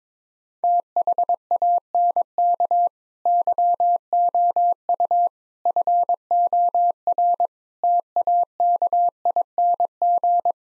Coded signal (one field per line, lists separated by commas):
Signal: Morse code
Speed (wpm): 22 wpm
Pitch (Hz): 700 Hz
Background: none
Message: THANK YOU FOR TAKING